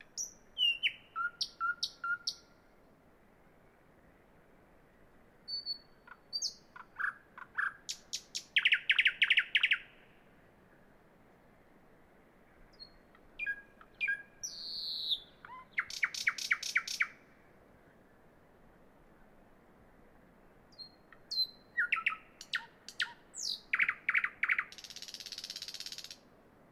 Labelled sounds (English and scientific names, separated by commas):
Thrush Nightingale (Luscinia luscinia) song